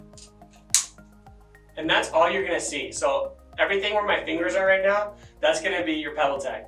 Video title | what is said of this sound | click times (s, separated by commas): A&A Manufacturing Gamma 4 Pop Up Head Collars - Overview | the only part that's going to show above your pebble tech is gonna be this little ring so it actually snaps right in there and that's | 0.7 s